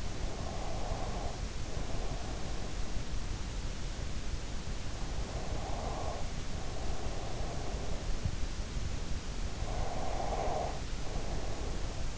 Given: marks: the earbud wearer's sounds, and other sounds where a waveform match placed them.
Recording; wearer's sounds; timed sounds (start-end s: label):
sounds in sleep by an in-ear microphone; breath
0.00-2.53 s: breath
5.16-8.20 s: breath
9.41-12.18 s: breath